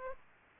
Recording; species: mosquito wingbeat signal from an infrared sensor; Aedes aegypti